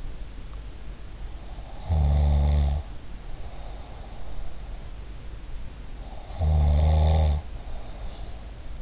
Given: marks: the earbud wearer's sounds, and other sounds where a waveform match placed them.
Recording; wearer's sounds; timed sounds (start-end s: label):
sounds in sleep by an in-ear microphone; snoring breath
1.49-4.48 s: snoring breath
6.08-8.81 s: snoring breath